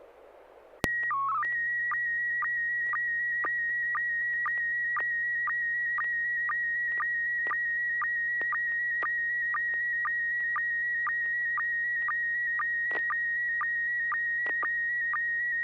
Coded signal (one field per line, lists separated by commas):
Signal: SSTV (slow-scan television)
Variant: PD 120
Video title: N6NA SSTV Net - 11/15/2023